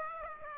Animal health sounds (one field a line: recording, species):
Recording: mosquito wingbeat signal from an infrared sensor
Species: Aedes aegypti